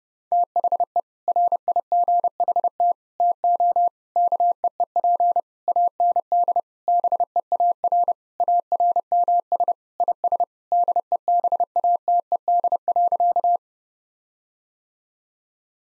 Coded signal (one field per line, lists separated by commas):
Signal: Morse code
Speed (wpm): 30 wpm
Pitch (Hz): 700 Hz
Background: none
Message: THE RIGHT TO KEEP AND BEAR ARMS IS DEBATED.